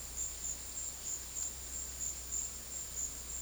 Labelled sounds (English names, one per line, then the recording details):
none
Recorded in secondary vegetation near Puerto Asís, Putumayo, Colombia, on 19 February 2024 at 13:30
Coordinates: 0.481, -76.323
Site G6376